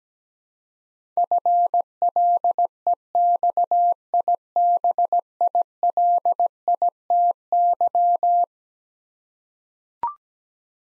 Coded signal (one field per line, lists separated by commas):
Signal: Morse code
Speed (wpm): 17 wpm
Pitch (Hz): 700 Hz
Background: none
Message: FLEXIBILITY